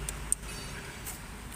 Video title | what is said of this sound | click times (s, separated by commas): Nissan GrandLivina,Brebet di Gigi 3 dan kecepatan 60kpj keatas,.Mari Kita Bahas. | selanjutnya pemasangan soket pastikan dia sudah terkancing dengan suara klik berarti dia sudah terpasang dengan baik Oke | 0.3 s